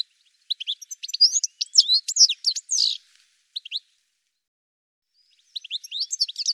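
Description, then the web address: Bird song: a lively run of high chirps and slurred notes for about three seconds, a few isolated chirps, then another twittering burst after a pause. "cianscape birddata Deverinetal 2025 Bird Ca Ca Ca Ca"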